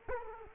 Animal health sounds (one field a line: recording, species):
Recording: mosquito wingbeat signal from an infrared sensor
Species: Culex quinquefasciatus